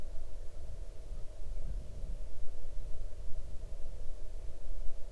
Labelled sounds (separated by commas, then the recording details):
near silence
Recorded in the Arctic National Wildlife Refuge, Alaska, on 8 June 2019 at 00:45
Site 40